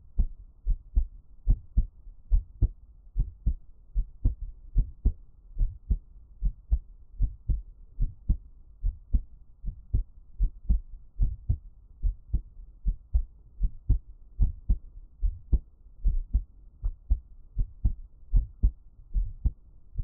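Steady, soft lub-dub heartbeat of an adult, heard up close for ASMR from Taiwan, thumping at about 74 beats a minute, with a low hum between beats.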